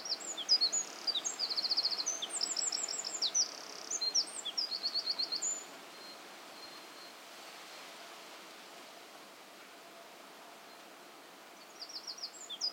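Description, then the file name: Eurasian wren giving a long, vigorous song of high trills and staccato notes for about five seconds, a quiet gap, then another burst beginning near the end. "Troglodytes troglodytes"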